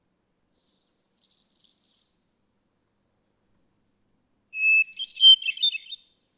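Hermit thrush sings a high, thin fluted phrase, then after about two seconds of silence a lower phrase opening with a held whistle and spiralling notes.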